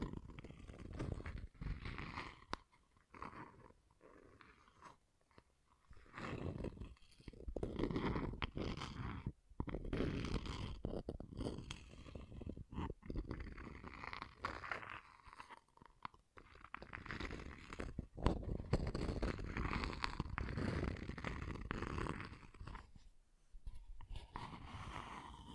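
Scratching and tracing on a surface, a dry, gritty rasp that comes in bursts of varying length with short silent gaps between them. Strokes are irregular, some crunchy and brief, others sustained for several seconds, with occasional sharp clicks and scrapes.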